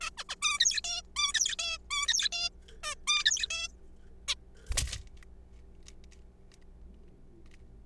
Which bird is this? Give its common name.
Zebra Finch